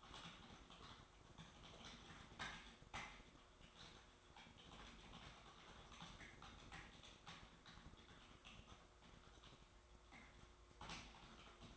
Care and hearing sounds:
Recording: daily activity, microphone in the room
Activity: typing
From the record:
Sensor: 3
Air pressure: 1004.4 hPa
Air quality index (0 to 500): 196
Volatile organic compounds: 14 ppm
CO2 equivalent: 2455 ppm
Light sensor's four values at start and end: 6/16/5/6 and 6/16/5/6

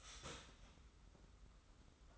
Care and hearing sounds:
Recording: daily activity, microphone in the room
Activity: start toaster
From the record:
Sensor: 3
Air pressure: 991.6 hPa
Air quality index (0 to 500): 182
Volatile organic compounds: 1000 ppm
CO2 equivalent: 6080 ppm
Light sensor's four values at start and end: 41/116/47/41 and 41/116/47/41

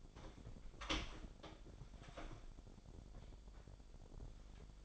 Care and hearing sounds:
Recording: daily activity, microphone in the room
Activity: open door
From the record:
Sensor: 5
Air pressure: 1007.2 hPa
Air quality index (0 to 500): 167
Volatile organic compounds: 4 ppm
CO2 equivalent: 1603 ppm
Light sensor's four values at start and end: 55/156/61/61 and 56/158/61/61

